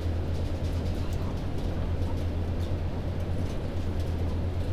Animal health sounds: poultry house recording; sick chickens (respiratory disease)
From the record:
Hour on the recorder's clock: 1

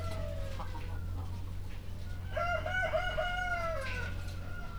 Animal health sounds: poultry house recording; healthy chickens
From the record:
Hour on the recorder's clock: 21

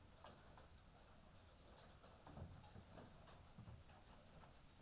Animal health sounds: poultry house recording; healthy chickens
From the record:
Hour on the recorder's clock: 18

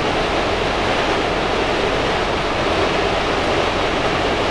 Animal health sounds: poultry house recording; no chicken sound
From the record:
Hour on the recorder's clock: 8

